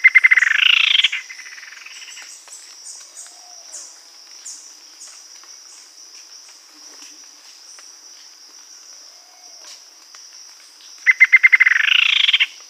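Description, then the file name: Bird call: a fast burst of notes near the start, then a long quieter stretch with a steady high drone before the call returns at the end. "SABIOD 50 bird 2015"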